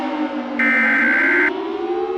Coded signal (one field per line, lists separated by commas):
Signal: Emergency Alert System (SAME) tones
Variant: header bursts